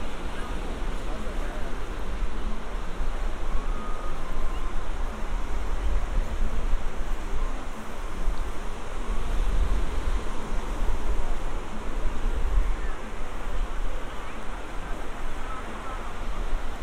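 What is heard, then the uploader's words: A steady wash of surf and wind on a beach, dense and low, with faint voices and activity mixed throughout. Santa Monica Pier. A binaural field recording — a walk on the beach. Under the pier; a few hundred yards and back again; up to the pier.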